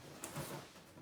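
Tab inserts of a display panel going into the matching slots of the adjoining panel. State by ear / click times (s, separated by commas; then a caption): seated / 0.2 s. The tab inserts of one cardboard display panel are lined up and pushed into the matching slots of the adjoining panel during assembly of a 2020 holiday nutcracker display. A sharp click sounds at 0.2 s, followed by softer rustling and scraping of the cardboard. The tabs seat in place.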